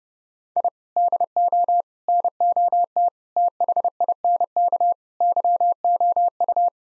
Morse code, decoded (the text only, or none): I DO NOT THINK YOU